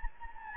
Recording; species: mosquito wingbeat signal from an infrared sensor; Anopheles gambiae